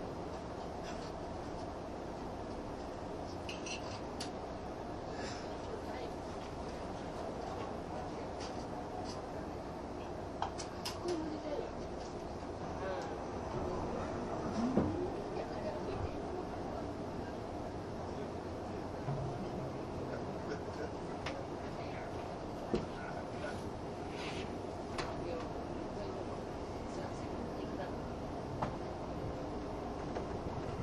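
Steady low rumble of the Spacia X limited express running, with faint voices, occasional clicks and a brief louder knock near fifteen seconds.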